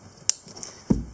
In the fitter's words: Snaps in place.